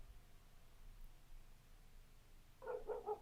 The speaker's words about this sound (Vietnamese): Thế nên khi vừa nhìn thấy bộ xương, cả đám mắt sáng lên, vội vàng sủa nhấm nha nhấm nhẳng, chồm tới mà tấn công.